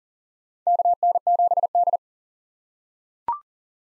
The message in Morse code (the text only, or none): KN7D